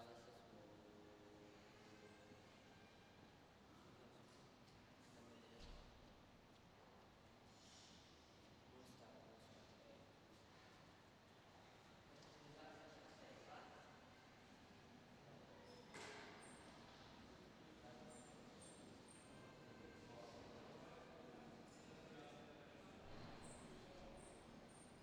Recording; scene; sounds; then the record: everyday scene through a hearing-aid microphone; reverberant space; background noise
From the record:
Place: railway station hall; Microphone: in the ear canal, left